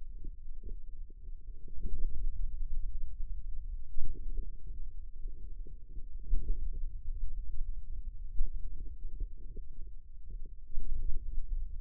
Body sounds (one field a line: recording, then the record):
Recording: forearm muscle sounds (acoustic myography)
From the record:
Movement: pen grasping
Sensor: system 2, bracelet of six BSWA MPA416 microphones around the upper forearm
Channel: 5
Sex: male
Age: 22 years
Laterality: right